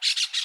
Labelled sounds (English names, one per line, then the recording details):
Brown-throated Parakeet contact call
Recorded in Aruba
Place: hill w/tanki N of Savaneta
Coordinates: 12.461, -69.944